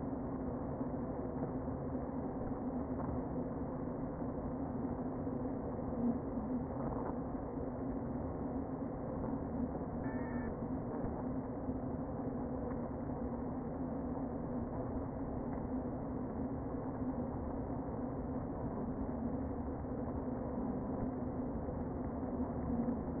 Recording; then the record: honeybee colony, microphone inside the hive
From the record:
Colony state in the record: queen present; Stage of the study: before two queens were removed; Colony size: about 60,000 bees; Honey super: yes